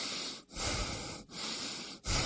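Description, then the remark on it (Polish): Steady, loud breathing in repeated cycles, each long airy breath broken by a brief pause, with a noisy, hissing texture and no talking. “Proszę oddychać.”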